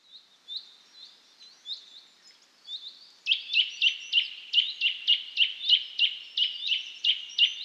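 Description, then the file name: Eurasian nuthatch with soft piping notes at first, then a sudden louder, rapid series of sharp repeated calls for the rest. "Sitta europaea"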